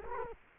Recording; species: mosquito wingbeat signal from an infrared sensor; Culex quinquefasciatus